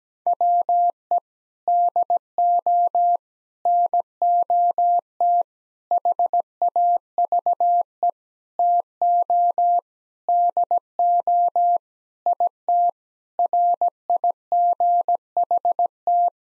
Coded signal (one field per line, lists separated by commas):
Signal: Morse code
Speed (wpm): 17 wpm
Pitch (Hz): 700 Hz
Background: none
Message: WE DO NOT HAVE TO DO IT RIGHT